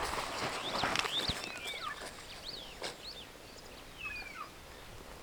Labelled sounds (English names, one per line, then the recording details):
Superb Starling flight call
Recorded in Kenya on 6 July 2010
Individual 19, of group CF2